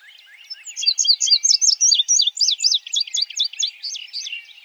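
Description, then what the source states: Indigo bunting song, a fast series of high, sharp chirping notes lasting about four seconds. Recorded in 2007.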